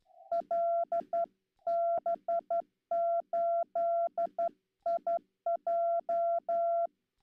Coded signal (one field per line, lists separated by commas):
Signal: Morse code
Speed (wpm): 12 wpm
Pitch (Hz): 680 Hz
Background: none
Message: LB8IJ